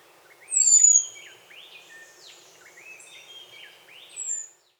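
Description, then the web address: Several birds calling together: a loud high descending whistle, then overlapping upslurred and downslurred whistled notes at mid pitch, ending with another high thin whistle. Costa Rican cloud forest; song and call. "Birds of the Costa Rican Cloud Forest Song, call"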